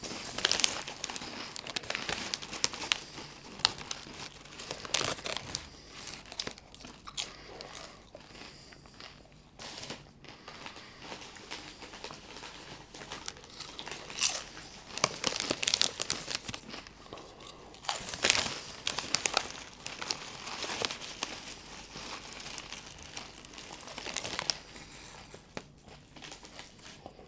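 Chips being crunched, with dense bursts of bright crackling that come in irregular clusters throughout. Louder crunches stand out around 15 and 18 seconds, and there are brief quieter gaps near 10 seconds. A faint low murmur sits underneath.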